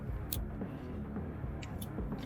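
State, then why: Seated. A plastic trim retaining clip, taken off the old fascia, is pressed down onto the new head unit fascia panel during a 2013–2018 Toyota RAV4 (X series) head unit installation. A sharp click is heard at 0.3 s as the clip snaps in and seats, followed by softer ticks around 1.6, 1.8 and 2.1 s over a steady low background. The clip is seated.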